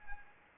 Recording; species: mosquito wingbeat signal from an infrared sensor; Anopheles arabiensis